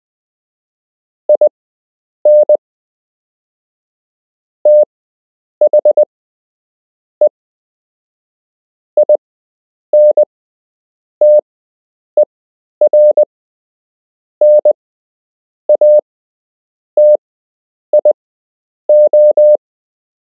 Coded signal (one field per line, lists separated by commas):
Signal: Morse code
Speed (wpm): 20 wpm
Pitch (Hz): 600 Hz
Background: none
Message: IN THE INTERNATIO